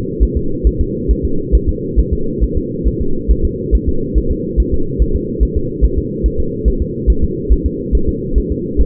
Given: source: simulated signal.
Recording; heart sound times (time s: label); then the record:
fetal heart sounds
0.23 s: S1
0.37 s: S2
0.67 s: S1
0.81 s: S2
1.11 s: S1
1.25 s: S2
1.55 s: S1
1.69 s: S2
1.99 s: S1
2.13 s: S2
2.44 s: S1
2.57 s: S2
2.88 s: S1
3.02 s: S2
3.31 s: S1
3.45 s: S2
3.75 s: S1
3.89 s: S2
4.18 s: S1
4.32 s: S2
4.60 s: S1
4.74 s: S2
5.02 s: S1
5.16 s: S2
5.43 s: S1
5.57 s: S2
5.84 s: S1
5.98 s: S2
6.26 s: S1
6.40 s: S2
6.68 s: S1
6.82 s: S2
7.10 s: S1
7.24 s: S2
7.52 s: S1
7.66 s: S2
7.95 s: S1
8.09 s: S2
8.38 s: S1
8.52 s: S2
8.81 s: S1
From the record:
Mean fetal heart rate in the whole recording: 140 bpm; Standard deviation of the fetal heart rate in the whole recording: 2 bpm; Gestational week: 34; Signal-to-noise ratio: -8.1 dB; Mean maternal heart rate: 72 bpm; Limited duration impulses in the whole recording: absent